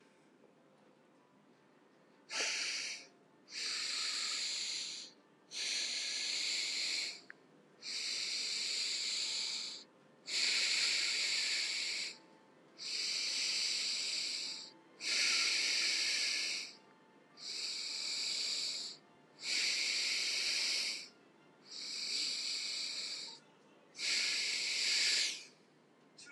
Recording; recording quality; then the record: deep breathing; excellent, no background noise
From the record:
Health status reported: healthy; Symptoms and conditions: diabetes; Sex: male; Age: 49 years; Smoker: not ticked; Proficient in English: yes